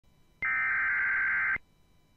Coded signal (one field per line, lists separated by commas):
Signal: Emergency Alert System (SAME) tones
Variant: header bursts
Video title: Severe Thunderstorm Warning for parts of Georgia (EAS #86)